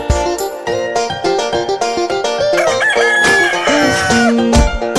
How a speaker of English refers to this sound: What's wrong, Mr. Rooster? What are you looking for? Cock-a-doodle-doo.